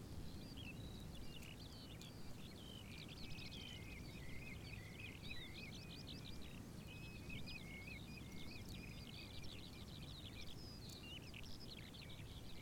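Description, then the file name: Birds singing: a dense chorus of high twittering and chirping phrases from several birds, over steady low rumbling background noise. Meadow ambience with birds. "ATMO Wiese mit Voegeln"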